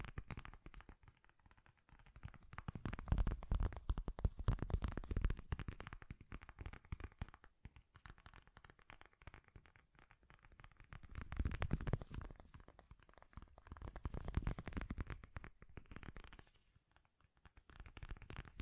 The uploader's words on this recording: ASMR Bassy and Soft Tapping Sounds. No Talking.